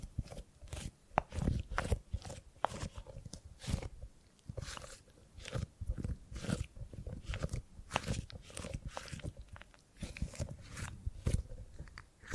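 Gripping and grabbing sounds: repeated quick crunchy, scraping grabs every half second or so, irregular, with low thuds and a faint steady tone.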